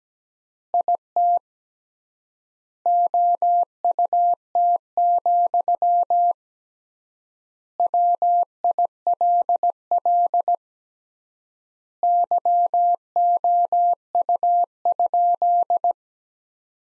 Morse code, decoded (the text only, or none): IT OUT, WILL YOU?